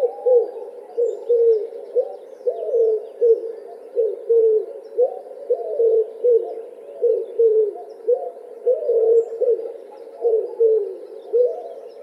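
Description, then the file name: Common wood pigeon cooing, a steady run of low, hoarse coos in short rhythmic phrases that carries on throughout with barely a pause. Recorded in Russia. "Pticy Rossii - Vyahir Columba palumbus"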